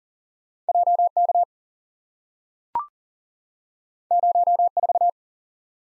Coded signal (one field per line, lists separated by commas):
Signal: Morse code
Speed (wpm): 42 wpm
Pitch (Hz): 700 Hz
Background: none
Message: J K 0 4